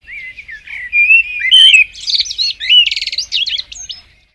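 Blackbird song, a mellow warbled phrase sliding up and down, ending in a higher twittering flourish of rapid notes.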